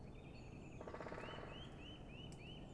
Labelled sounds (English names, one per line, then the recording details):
Great Spotted Woodpecker
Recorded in Germany
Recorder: ecoPi